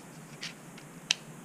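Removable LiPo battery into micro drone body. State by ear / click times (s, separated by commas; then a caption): seated / 1.1 s. A small 3.7 V 350 mAh removable LiPo battery pack for a JJRC micro drone is pushed into its slot in the drone's plastic body. A soft, brief noise is heard at about 0.4 seconds. A sharp, bright snap at 1.1 seconds marks the battery locking into place.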